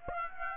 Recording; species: mosquito wingbeat signal from an infrared sensor; Aedes aegypti